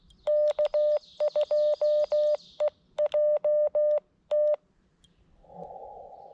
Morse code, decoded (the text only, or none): K2EJT